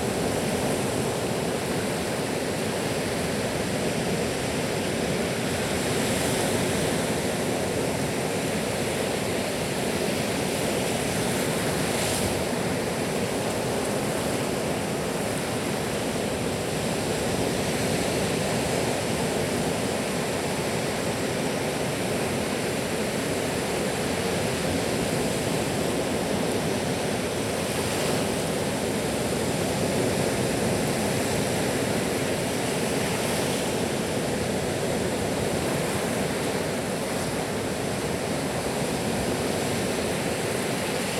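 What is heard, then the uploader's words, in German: Waves running up onto a beach make a dense, continuous rush, even though the sea itself is fairly calm. The sound stays steady and hissing throughout, with faint brighter swells every few seconds and a thin, steady tone running underneath. Sonnenaufgang auf Rügen. Es ist noch früh auf der Ostseeinsel Rügen. Auch wenn die See gar nicht so sehr aufgewühlt ist und damit eigentlich ganz still sein sollte, erzeugen die Wellen eine intensive Geräuschkulisse wenn sie auf den Strand laufen. Heute verwende ich zum ersten Mal das Lom Geofon Mikrofon.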